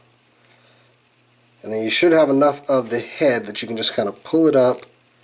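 The head piece of a Transformers Optimus Prime transforming pen figure is handled as it is about to be pulled up into its locked upright position. There is a faint tick at 0.5 s, then someone talks for the rest of the clip. Nothing has seated or clicked yet.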